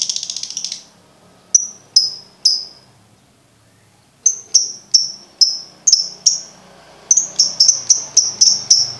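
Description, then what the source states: Lovebird chirps: a short buzzy opening, then spaced high notes, a pause, more sharp chirps and a faster run to the end. Used to train birds to learn ngekek singing.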